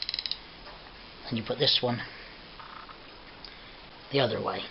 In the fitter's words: but that one goes in there make sure the spring is nice so that should click you should hear that click